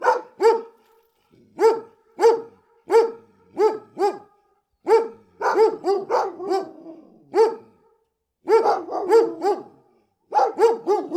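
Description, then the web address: Dogs barking: deep, loud barks in quick pairs and short bursts, with brief pauses between groups and overlapping barks midway. Big dogs barking close. "Bart Kamski - Dogs"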